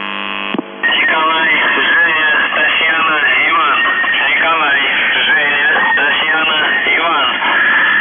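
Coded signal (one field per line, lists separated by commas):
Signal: numbers station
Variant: UVB-76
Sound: a voice reading a message over a band-limited, noisy shortwave channel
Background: radio static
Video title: The Buzzer/UVB-76(4625Khz) November 10, 2021 08:16UTC Voice message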